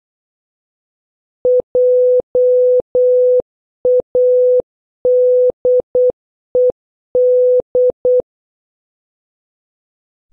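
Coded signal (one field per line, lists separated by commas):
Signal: Morse code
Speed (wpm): 8 wpm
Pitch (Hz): 500 Hz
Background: none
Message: JADED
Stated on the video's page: Morse code word practice using letters A to N, starting slow and gradually increasing in speed.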